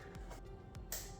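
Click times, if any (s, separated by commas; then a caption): 0.9 s. A wiring harness connector is slid onto the intake air pressure and temperature sensor on a 2019 Buick Encore 1.4L Turbo, replaced because the old sensor was bad. Faint taps come before a sharp click at 0.9 s as the connector snaps home and seats.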